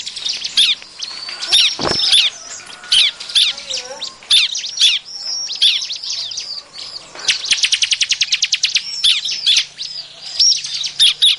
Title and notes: BURUNG CIBLEK MANCING LAINNYA. Suara Ciblek Pikat